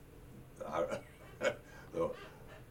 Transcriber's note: laughing